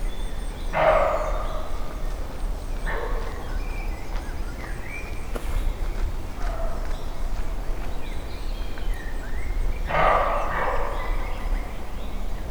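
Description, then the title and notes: Roe deer alarm barks: four hoarse, harsh barks repeated every few seconds over low background noise. Startled roe deer giving alarm barks; Weinschnait near Neuffen, Germany; recorded with a Sony PCM-D50. "Weinschnait, 72639 Neuffen, Deutschland - barking roe deer - bellendes Reh. Ein aufgeschrecktes Reh gibt Schrecklaute von sich"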